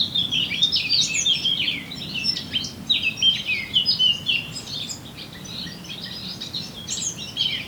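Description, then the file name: Eurasian blackcap giving a lively, hurried warble of scratchy and fluty notes, sung almost without pause throughout. "Sylvia atricapilla"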